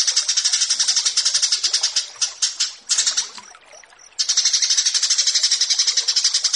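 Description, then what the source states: Horsfield's bush lark song: rapid, steady train of high, thin notes at about four per second, with a brief varied break before the fast repeated series resumes. Branjangan song used for bird-keeping tutoring (masteran).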